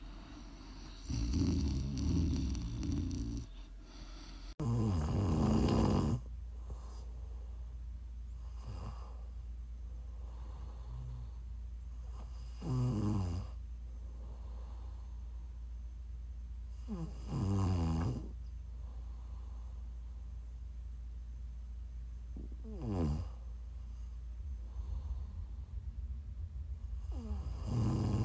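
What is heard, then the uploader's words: Snoring comes in loud, rasping bursts roughly every five seconds, near 6, 13, 18 and 23 seconds, with a last one starting at the end. Between snores a low steady hum continues. The opening seconds carry a denser, rougher rustling noise before the first clear snore. ASMR snoring.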